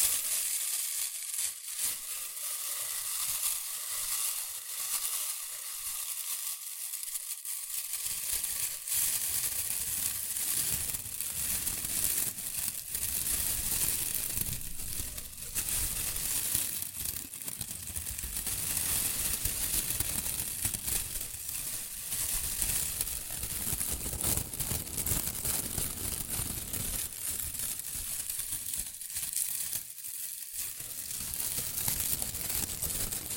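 Rustling and crinkling runs without a break for the whole stretch, a dense, bright crackle with quick irregular bursts. The first eight seconds are thinner and lighter, then fuller crumpling with deeper handling noise takes over. A brief lighter patch comes near thirty seconds.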